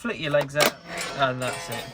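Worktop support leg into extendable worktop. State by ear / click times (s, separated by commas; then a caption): not seated / none. Someone talks while the extendable worktop of a Swift Trekker XL is lifted slightly and its support legs underneath are flicked out, with brief handling noises among the speech. The clip ends before the support leg goes home, so nothing has clicked into place yet.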